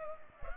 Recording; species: mosquito wingbeat signal from an infrared sensor; Culex pipiens